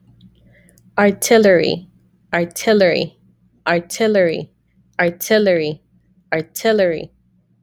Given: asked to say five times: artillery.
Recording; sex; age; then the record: repeated word; female; 30 to 39 years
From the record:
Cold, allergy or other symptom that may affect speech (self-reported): no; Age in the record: 32 years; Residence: New York, United States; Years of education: 16